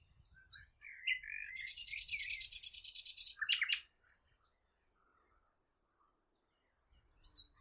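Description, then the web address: Bird song with a few rising whistled notes leading into a long, buzzy, rattling trill of nearly two seconds, followed by scattered faint chirps and low rumble. "Bird Only"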